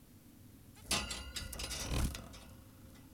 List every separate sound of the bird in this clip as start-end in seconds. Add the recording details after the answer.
0.77-0.83. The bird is an adult. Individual g17y2U